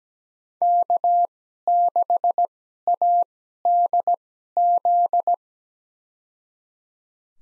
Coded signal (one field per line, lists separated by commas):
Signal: Morse code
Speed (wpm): 17 wpm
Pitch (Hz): 700 Hz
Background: none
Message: K6ADZ